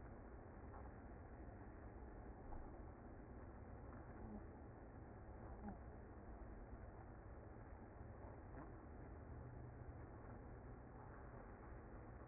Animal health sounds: honeybee colony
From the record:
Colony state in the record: active

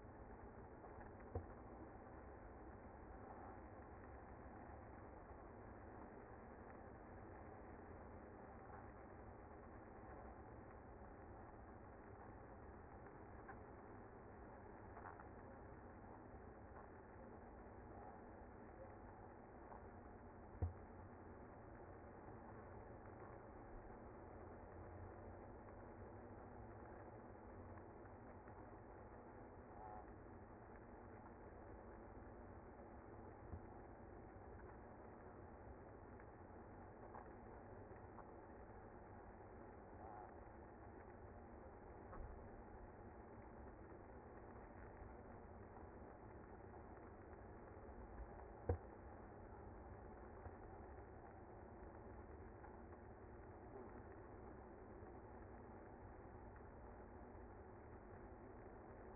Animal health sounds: honeybee colony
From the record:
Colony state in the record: active

